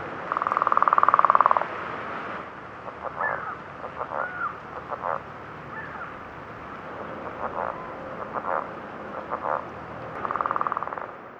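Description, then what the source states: Northern leopard frog advertisement call: a rattling snore-like trill, then scattered short clucking grunts, and a second rattling trill near the end, over steady background hiss. Advertisement call, said to sound like 'Ichabod, Ichabod'.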